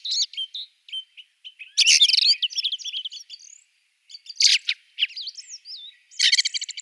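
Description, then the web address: Ring ouzel song: varied phrases of high twittering, chattering bursts and short whistled slurs, separated by brief pauses. "Schulze Peter Ring Ouzel song"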